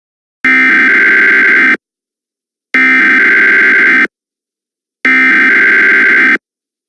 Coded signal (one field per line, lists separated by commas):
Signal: Emergency Alert System (SAME) tones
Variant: header bursts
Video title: EAS Scenario: True Origin